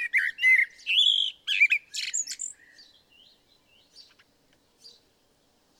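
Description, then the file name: Common blackbird opening with loud fluted and twangy notes, then trailing off into faint, thin chips. "Turdus merula"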